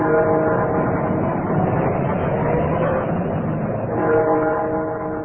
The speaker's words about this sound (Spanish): El Hotel Piccadilly, situado a escasos metros de la Plaza Piccadilly, lugar famoso por sus teatros y cines, donde los motores de autos llenan de extraño concierto bajo el ritmo que marcan los policías de tránsito.